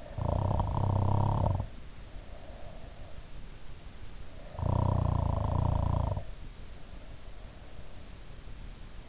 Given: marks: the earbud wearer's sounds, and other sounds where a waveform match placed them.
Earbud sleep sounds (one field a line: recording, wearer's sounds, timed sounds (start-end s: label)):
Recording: sounds in sleep by an in-ear microphone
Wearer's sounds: snoring breath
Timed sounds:
0.00-3.25 s: snoring breath
4.46-6.68 s: snoring breath